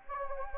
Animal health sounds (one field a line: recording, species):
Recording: mosquito wingbeat signal from an infrared sensor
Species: Anopheles gambiae